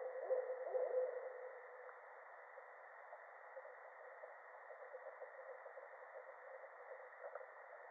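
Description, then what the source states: Barred owl giving a few low hoots near the start, then a long stretch of steady hiss with only faint scattered notes. Recorded 13 October 2010.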